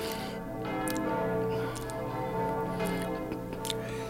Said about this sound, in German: Deine Glocken. Meine Glocken. Meine Freunde dort oben. Die Glocken von Saint-Desten. Seit 40 Jahren.